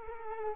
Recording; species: mosquito wingbeat signal from an infrared sensor; Culex quinquefasciatus